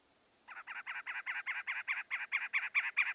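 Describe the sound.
Northern mockingbird song: a fast, even series of many harsh notes that grows steadily louder, with no other sounds.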